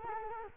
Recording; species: mosquito wingbeat signal from an infrared sensor; Culex quinquefasciatus